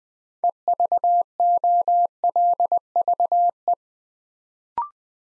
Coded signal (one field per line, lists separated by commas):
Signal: Morse code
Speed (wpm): 20 wpm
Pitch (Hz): 700 Hz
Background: none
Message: EVOLVE